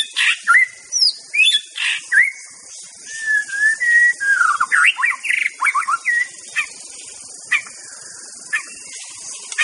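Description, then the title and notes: White-rumped shama song: rich, varied whistled phrases, some long and level, others swooping and looping, delivered in quick succession over a faint steady hiss. Song recording used as a lure for trapping (pikat). "MB Pikat Jitu.. Suara Mantap. murai batu"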